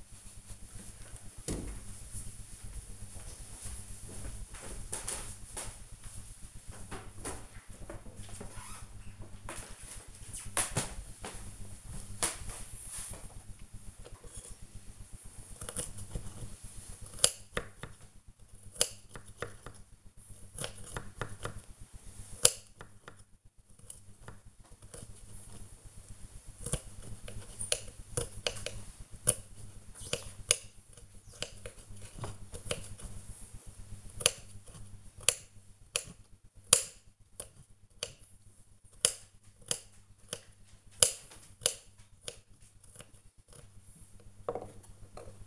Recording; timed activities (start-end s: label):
household activities, microphone on the right wrist
13.16-45.47 s: cutting vegetables